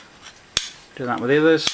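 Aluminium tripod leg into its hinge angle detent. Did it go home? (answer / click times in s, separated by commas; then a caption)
yes / 0.6 s. An aluminium leg of a Tycka Portable 65" Aluminum Alloy Travel Tripod TK101 is rotated on its hinge and clicks into the next angle detent with a sharp, bright click at 0.6 s, seating it. Someone talks from about 1.0 s, and another brief click-like tick follows near 1.7 s.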